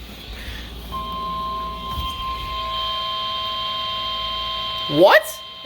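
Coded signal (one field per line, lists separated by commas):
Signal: Emergency Alert System (SAME) tones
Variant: 1050 Hz attention tone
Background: speech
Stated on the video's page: Emergency Alert System alerts, part of a run of 22 catches in one day.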